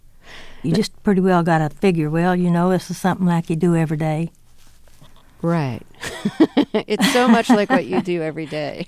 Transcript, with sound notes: You just pretty well got to figure, well, you know, this is something I could do every day.
Right.
(LAUGHTER)
It's so much like what you do every day.